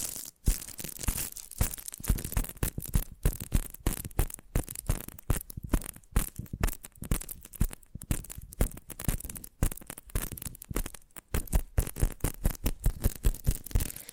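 Rapid tapping, a dense string of sharp, crisp knocks coming several per second in an uneven rhythm. Each tap is bright with a dull low thump underneath, and the flow barely pauses, with short gaps near the start and around eleven seconds.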